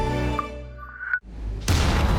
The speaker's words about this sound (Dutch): Bent u deze extreme knallen het hele jaar door ook zo zat? Wij wel. En weet je, deze overlast heeft niets met oud en nieuw te maken.